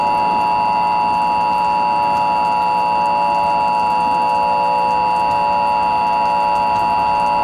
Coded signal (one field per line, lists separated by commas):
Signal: Emergency Alert System (SAME) tones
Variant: 853 and 960 Hz attention tone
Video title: EAS Scenario #1 - Supercyclone